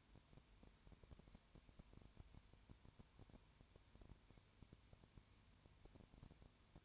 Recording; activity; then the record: daily activity, microphone in the room; no activity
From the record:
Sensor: 2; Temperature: 20.3 degrees Celsius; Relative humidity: 33.8%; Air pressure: 1003.1 hPa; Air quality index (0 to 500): 82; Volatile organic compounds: 1 ppm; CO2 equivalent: 779 ppm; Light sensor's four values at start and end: 2/3/2/2 and 2/3/2/2